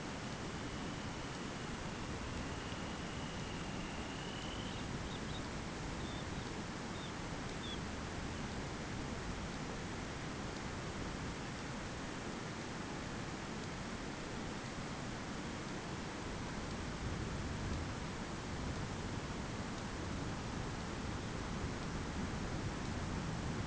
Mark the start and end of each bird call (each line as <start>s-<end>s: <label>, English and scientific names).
0.01s-5.46s: Dunlin (Calidris alpina)
5.86s-6.50s: Dunlin (Calidris alpina)
6.80s-7.21s: Dunlin (Calidris alpina)
7.51s-7.87s: Dunlin (Calidris alpina)